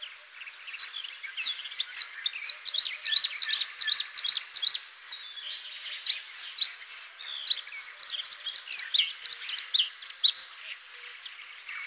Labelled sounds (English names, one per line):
Bluethroat song